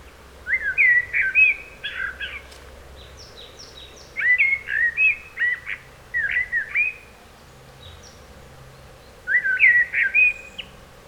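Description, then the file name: Eurasian blackbird singing several rich warbling phrases of fluted whistles mixed with scratchy high twitters, separated by short pauses over a low background hum. "Turdus merula"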